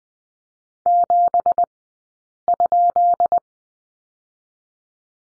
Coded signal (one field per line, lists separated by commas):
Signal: Morse code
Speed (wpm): 20 wpm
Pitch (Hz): 700 Hz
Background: none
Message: 7?